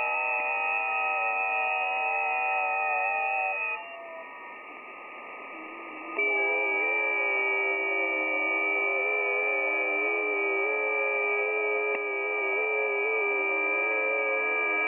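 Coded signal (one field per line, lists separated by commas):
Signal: FT8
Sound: many overlapping soft warbling tones, a short quieter pause, then tones resume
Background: radio static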